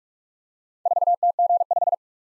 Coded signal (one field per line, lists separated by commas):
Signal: Morse code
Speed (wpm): 47 wpm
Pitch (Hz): 700 Hz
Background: none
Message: 4TG5